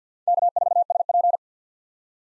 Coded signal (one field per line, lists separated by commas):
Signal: Morse code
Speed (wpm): 50 wpm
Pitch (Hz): 700 Hz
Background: none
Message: K4SP